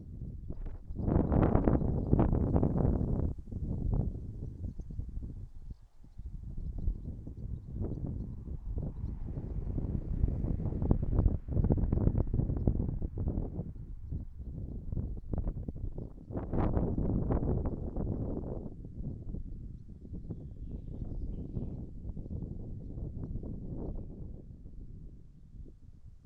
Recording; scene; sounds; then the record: everyday scene through a hearing-aid microphone; wind on the microphone; wind, traffic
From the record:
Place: in front of a rural house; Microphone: behind the ear, right, front